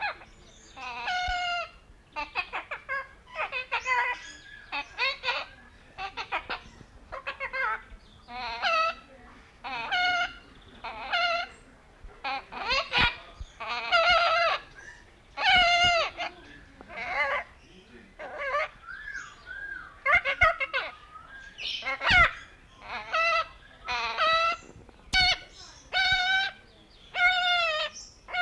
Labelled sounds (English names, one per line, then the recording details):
Great-billed Parrot call
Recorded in captivity
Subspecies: megalorynchos
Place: Vogelpark Walsrode, Niedersachsen, DE
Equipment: Halbspur, 9,5 cm/s
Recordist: Lütgens, Hans